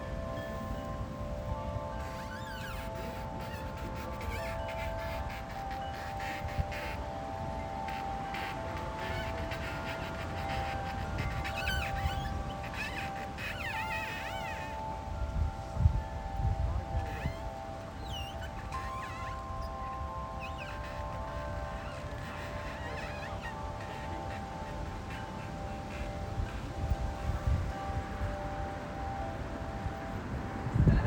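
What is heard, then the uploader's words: Wind chimes ring on and on outdoors at night, their metal tones overlapping into a steady, shimmering wash with occasional brighter clinks. Underneath runs a constant low rumble of road traffic and moving water, with gusts swelling louder around the middle and end. Chimes outside the monastery, Stanstead Mill Stream, after dark on Sunday 10th December 2023 – by Eleanor McDowall. 17mph winds rattled these chimes so much that their sound rose up over the noise of the road and the nearby canal.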